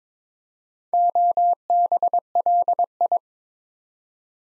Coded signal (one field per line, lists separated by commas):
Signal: Morse code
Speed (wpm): 22 wpm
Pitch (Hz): 700 Hz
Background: none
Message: OBLI